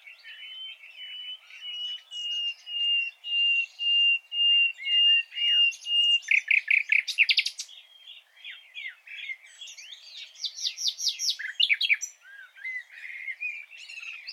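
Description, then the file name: Common nightingale song opening with a string of level whistled notes that swell in loudness, then bursting into rapid rich trills and chattering phrases. "Luscinia megarhynchos"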